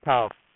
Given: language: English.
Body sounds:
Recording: throat vibration sensor signal played as sound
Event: speech

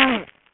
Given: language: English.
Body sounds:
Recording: throat vibration sensor signal played as sound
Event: throat clearing

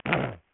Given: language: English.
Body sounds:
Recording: throat vibration sensor signal played as sound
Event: throat clearing

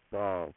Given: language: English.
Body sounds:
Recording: throat vibration sensor signal played as sound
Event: speech

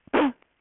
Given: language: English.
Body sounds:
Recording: throat vibration sensor signal played as sound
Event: cough

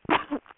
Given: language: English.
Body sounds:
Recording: throat vibration sensor signal played as sound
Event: cough

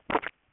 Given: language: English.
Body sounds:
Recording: throat vibration sensor signal played as sound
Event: swallow

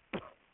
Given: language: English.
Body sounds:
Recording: throat vibration sensor signal played as sound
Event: cough

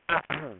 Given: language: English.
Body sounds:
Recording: throat vibration sensor signal played as sound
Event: throat clearing

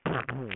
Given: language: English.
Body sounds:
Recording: throat vibration sensor signal played as sound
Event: throat clearing

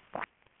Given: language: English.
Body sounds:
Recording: throat vibration sensor signal played as sound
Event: swallow

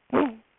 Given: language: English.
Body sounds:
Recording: throat vibration sensor signal played as sound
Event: throat clearing

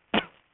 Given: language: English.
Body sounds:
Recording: throat vibration sensor signal played as sound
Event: cough

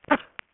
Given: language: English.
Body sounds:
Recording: throat vibration sensor signal played as sound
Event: cough

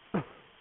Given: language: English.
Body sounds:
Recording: throat vibration sensor signal played as sound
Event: cough

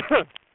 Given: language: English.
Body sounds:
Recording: throat vibration sensor signal played as sound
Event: cough

